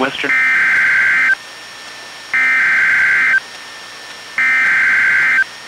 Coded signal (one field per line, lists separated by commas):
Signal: Emergency Alert System (SAME) tones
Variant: header bursts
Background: speech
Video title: EAS #431-436: 6 NWR Practice/Demos- Nov. 5, 2020